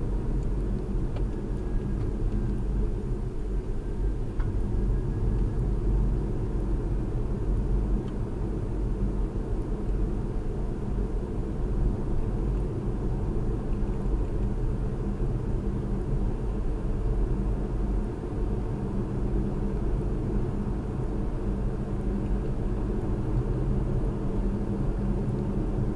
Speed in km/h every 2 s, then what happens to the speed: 45, 40, 44, 47, 48, 48, 50, 50, 52, 53, 55, 55, 53.
3-20 speeds up to 55. 20-26 steady at about 55.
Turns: none.